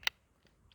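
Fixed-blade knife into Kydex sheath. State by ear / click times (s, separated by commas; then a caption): seated / 0.1 s. A fixed-blade knife is pushed into its molded Kydex sheath and snaps into the retention with a sharp, bright click at 0.1 s. Two much fainter small clicks follow at about 0.5 s and 0.7 s. The knife is seated with a positive click.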